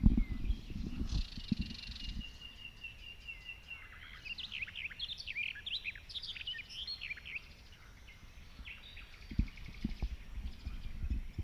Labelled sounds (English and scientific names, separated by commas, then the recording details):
Barred Warbler (Sylvia nisoria) song
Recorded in the wild
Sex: male
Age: adult
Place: Hobrechtsfelder Rieselfelder, Naturpark Barnim, Berlin, DE
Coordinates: 52.6664, 13.4703
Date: 2009-05-21
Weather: fair, ca. 15°C, no wind
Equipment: Sound Devices 702, Sennheiser MKH 70, Rycote Windschutz
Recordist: Frommolt, Karl-Heinz